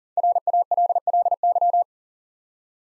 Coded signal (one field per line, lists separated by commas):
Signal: Morse code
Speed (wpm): 40 wpm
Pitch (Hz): 700 Hz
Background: none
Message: RALLY